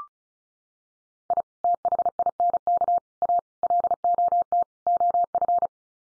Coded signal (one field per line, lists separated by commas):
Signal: Morse code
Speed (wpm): 34 wpm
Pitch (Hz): 700 Hz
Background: none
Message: I THINK A LOT OF